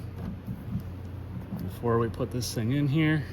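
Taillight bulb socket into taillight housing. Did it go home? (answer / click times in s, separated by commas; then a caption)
no / none. A plastic taillight bulb socket on a 2013 Kia Sorento is held with its locating tabs lined up to the taillight housing, ready to be pushed in and twisted. Only quiet handling is heard under a low steady hum while someone talks. Nothing has seated or clicked yet.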